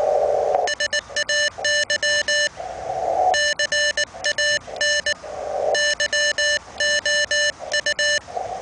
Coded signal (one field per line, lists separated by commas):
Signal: Morse code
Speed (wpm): 19 wpm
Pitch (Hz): 1750 Hz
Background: none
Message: SAY CAN YOU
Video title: QRP (LOW-POWER) TWO-WAY RADIO CONTACT